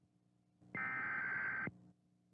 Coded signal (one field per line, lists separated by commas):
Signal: Emergency Alert System (SAME) tones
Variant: header bursts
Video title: EAS CODE: JKSSDNFNL58LK